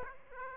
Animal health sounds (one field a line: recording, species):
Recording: mosquito wingbeat signal from an infrared sensor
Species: Aedes aegypti